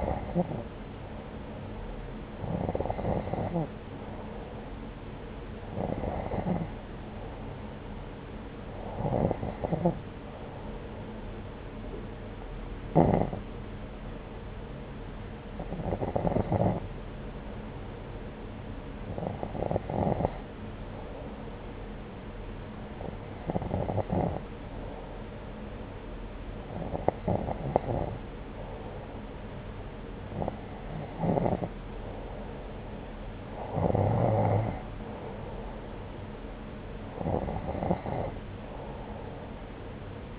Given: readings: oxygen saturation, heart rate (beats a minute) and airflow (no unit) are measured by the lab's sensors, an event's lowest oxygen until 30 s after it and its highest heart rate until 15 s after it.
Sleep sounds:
breathing in sleep by a voice recorder at the bedside; none
none scored
From the record:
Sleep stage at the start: N2 (light sleep); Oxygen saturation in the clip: 90 to 92%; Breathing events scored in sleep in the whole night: 303 in 8.1 hours asleep

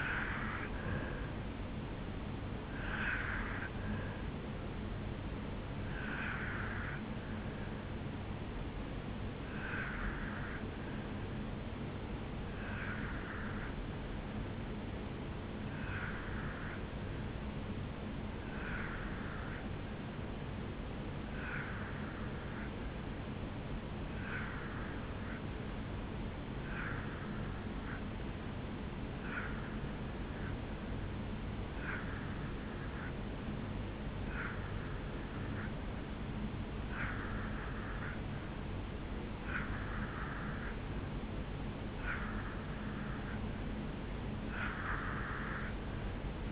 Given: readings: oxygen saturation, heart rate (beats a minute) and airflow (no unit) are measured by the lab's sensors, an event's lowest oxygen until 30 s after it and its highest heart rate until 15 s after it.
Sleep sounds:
breathing in sleep by a voice recorder at the bedside; 1
4.00-38.20 s: hypopnea (N2, oxygen 95% highest, then 84% lowest, heart rate 74 at the start, 74 highest)
From the record:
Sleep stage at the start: N2 (light sleep); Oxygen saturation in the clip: 84 to 95%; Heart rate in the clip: 60 to 77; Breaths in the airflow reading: 13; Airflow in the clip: -1.3 to 3.3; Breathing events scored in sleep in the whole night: 449 in 7.0 hours asleep

